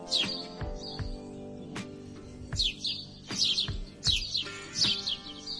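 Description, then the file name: Grey-headed sparrow song of sharp high chirps in short clusters with pauses between, set against a constant hum and scattered dull knocks. "canto do pardal de cabeca cinzenta"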